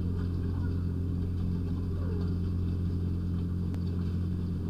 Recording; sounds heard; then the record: poultry house recording; sick chickens (respiratory disease)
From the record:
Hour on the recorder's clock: 1